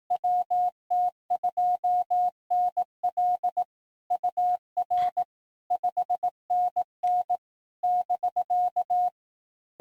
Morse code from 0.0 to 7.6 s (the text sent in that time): WT2NL UR 5NN